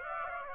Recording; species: mosquito wingbeat signal from an infrared sensor; Aedes aegypti